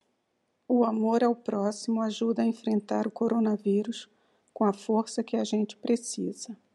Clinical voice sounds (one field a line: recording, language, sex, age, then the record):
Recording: spoken sentence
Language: Brazilian Portuguese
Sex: female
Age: 60 to 69 years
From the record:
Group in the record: control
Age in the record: 60 years